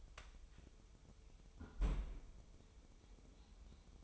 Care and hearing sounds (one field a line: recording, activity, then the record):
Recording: daily activity, microphone in the room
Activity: close fridge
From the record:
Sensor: 1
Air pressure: 988.4 hPa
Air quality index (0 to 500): 200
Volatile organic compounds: 1000 ppm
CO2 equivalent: 5335 ppm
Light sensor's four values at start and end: 27/101/38/40 and 27/101/38/40